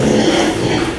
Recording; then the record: squeal of a Yucatan mini pig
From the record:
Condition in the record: before surgery on the right vocal fold (resection and tissue-engineered implant); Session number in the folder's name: 2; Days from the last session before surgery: 0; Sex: male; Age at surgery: 12 weeks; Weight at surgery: 13 kg